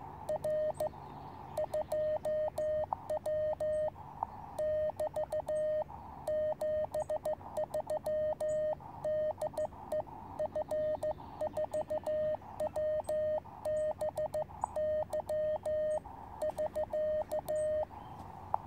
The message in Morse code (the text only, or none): R 2W <BT> 73 DE F4WBY <SK>